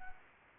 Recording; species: mosquito wingbeat signal from an infrared sensor; Anopheles gambiae